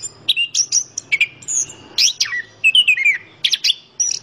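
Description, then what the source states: Orange-headed thrush singing clear whistles and falling slurred notes in short bursts. Local name anis kembang; described as gacor, a keepers' term for a bird singing vigorously.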